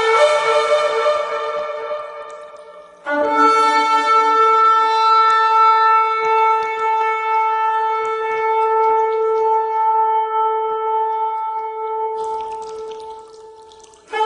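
Two long shofar blasts, each a steady, bright, buzzing horn tone; the first fades out near three seconds, the second sustains until about twelve seconds.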